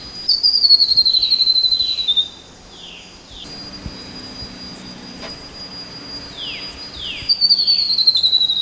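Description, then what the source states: Grey-throated babbler: bursts of rapid high trills descending in pitch with soft falling notes, separated by a quieter gap, and a steady insect drone throughout. Recorded 13 August 2009.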